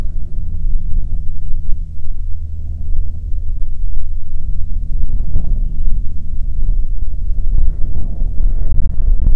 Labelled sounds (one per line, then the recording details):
songbird
wind
aircraft
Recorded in the Prudhoe Bay oil fields, Alaska, on 5 June 2019 at 13:33
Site 16